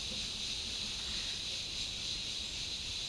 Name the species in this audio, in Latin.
none